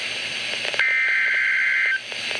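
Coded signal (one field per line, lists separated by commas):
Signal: Emergency Alert System (SAME) tones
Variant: header bursts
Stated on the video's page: Severe thunderstorm warning from NOAA weather radio station in Madison, Wisconsin.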